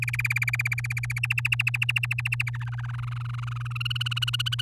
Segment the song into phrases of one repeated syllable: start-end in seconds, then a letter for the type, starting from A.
0.02-1.20 A, 1.23-2.50 B, 2.53-3.73 C, 3.75-4.61 D